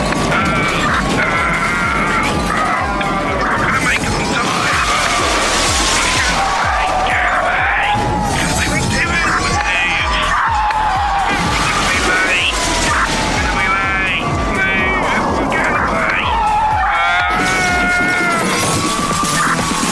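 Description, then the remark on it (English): A loud, chaotic car chase sound effect: swooping, wailing tones rise and fall over a dense roar of engines and screeches, broken by heavy booms and smashing crashes. “Oh no, I might be a bit late for the show, but I'm going to be stuck in a car chase.”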